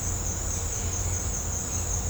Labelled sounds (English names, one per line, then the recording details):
none
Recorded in pastures near Puerto Asís, Putumayo, Colombia, on 18 December 2024 at 17:30
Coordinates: 0.502, -76.324
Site G077